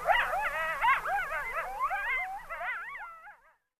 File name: coyote lang elliott